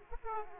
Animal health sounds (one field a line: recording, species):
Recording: mosquito wingbeat signal from an infrared sensor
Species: Aedes aegypti